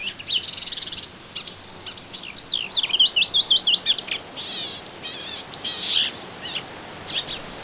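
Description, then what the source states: Melodious warbler song, a hurried stream of high chirps, including a run of sharp repeated notes, followed by buzzy warbled phrases. Recorded in a garden on 25 June 2017.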